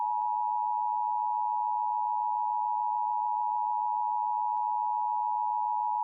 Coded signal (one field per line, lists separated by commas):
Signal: Emergency Alert System (SAME) tones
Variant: 853 and 960 Hz attention tone